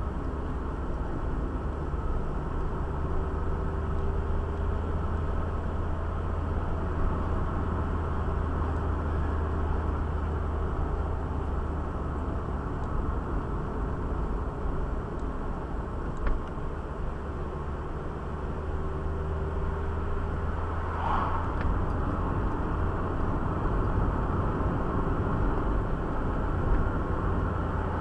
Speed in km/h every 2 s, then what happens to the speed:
41, 45, 44, 47, 46, 44, 41, 39, 39, 49, 55, 54, 57, 56.
0-7 speeds up to 47. 7-16 slows to 39. 16-25 speeds up to 57.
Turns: 13-28.